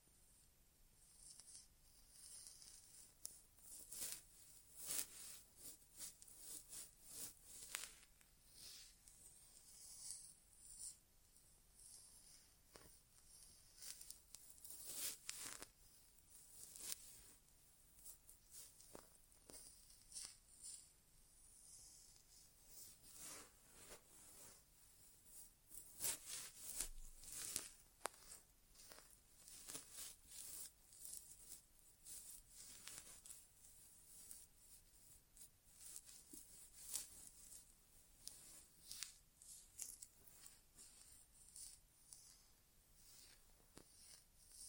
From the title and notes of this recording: ASMR Inner Ear Exam (No Talking).